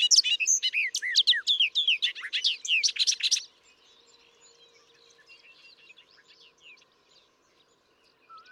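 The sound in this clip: Bobolink song, a three-second gush of jangling, gurgling notes, followed by much softer bubbling song in the background.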